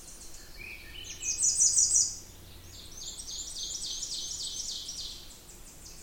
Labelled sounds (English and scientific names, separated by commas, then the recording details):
Ovenbird (Seiurus aurocapilla) song
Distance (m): 40 m
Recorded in boreal forest in Alberta, Canada, on 20 June 2016 at 06:40
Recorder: SongMeter 3, array SBT-6-81
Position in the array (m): 5 m, 287 m
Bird 26